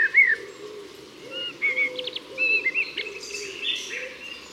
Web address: SETE data Turdus merula